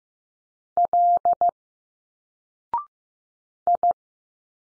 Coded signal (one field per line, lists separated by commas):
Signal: Morse code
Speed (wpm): 15 wpm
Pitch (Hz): 700 Hz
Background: none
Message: L I